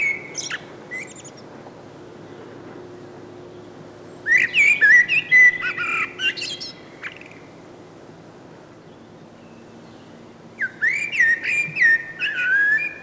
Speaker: Tai pikemminkin iltoina, sillä mustarastas on tuollainen hämärän laulaja, kuten useimmat rastaat.